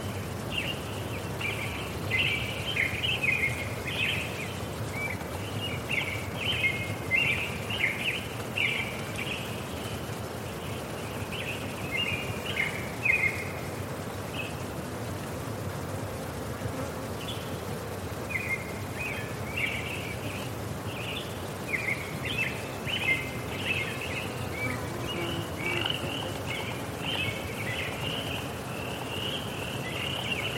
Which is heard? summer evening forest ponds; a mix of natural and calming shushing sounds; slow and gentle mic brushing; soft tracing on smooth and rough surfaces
summer evening forest ponds